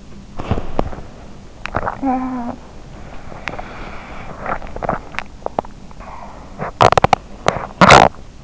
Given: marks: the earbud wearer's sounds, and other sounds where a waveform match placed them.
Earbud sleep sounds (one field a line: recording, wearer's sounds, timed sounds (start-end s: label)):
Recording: sounds in sleep by an in-ear microphone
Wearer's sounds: teeth grinding, swallowing, talking in sleep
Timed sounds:
0.34-1.23 s: teeth grinding
1.23-2.01 s: swallowing
2.01-2.81 s: talking in sleep
4.00-5.94 s: swallowing
6.59-8.24 s: teeth grinding